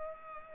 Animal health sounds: mosquito wingbeat signal from an infrared sensor; Culex pipiens

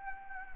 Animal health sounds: mosquito wingbeat signal from an infrared sensor; Anopheles gambiae

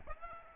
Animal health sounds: mosquito wingbeat signal from an infrared sensor; Aedes albopictus

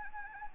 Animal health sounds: mosquito wingbeat signal from an infrared sensor; Anopheles arabiensis

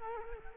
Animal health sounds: mosquito wingbeat signal from an infrared sensor; Culex quinquefasciatus

